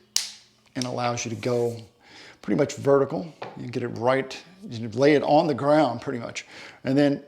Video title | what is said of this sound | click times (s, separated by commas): The quest for the Goldilocks Tripod - is it over? #iFootage, #tripod | and i absolutely love the fact that this clicks | 0.2 s